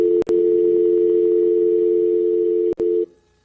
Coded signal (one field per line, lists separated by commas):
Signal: telephone call progress tone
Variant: North America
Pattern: dial tone